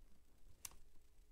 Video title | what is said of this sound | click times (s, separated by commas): Adapting Nikon F Mount Lenses to Mirrorless Non-AI / AI / AI-S / G Style Lens Mounts | you hear that so now it's locked in if you only go you know some of the way | 0.6 s